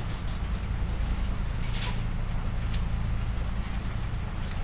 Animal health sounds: poultry house recording; healthy chickens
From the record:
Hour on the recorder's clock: 23

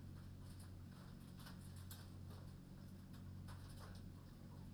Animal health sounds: poultry house recording; no chicken sound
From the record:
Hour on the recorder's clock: 21

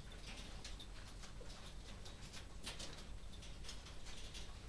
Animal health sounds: poultry house recording; no chicken sound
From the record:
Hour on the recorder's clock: 22

